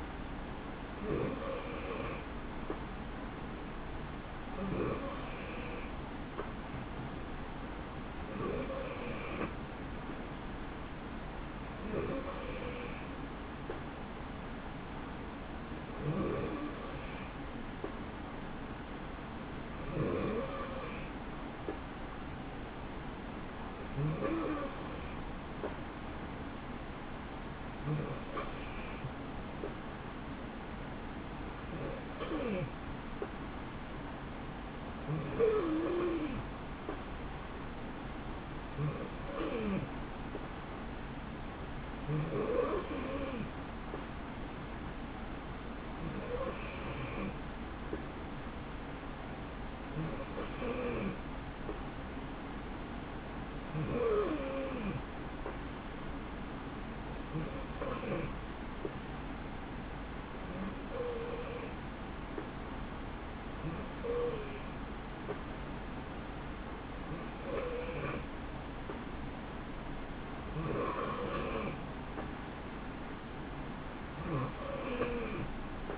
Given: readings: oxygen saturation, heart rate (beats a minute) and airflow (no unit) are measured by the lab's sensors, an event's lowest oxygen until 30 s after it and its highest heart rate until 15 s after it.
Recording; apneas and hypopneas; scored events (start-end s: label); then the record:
breathing in sleep by a voice recorder at the bedside; none
none scored
From the record:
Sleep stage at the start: N3 (deep sleep); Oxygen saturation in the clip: 90 to 92%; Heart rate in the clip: 62 to 68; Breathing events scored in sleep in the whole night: 160 in 9.3 hours asleep